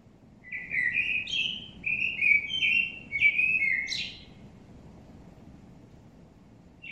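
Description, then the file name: Common blackbird singing a run of fluty, warbled phrases that climb into a thin, high twitter near the end, over a soft low background hiss. "Turdus merula"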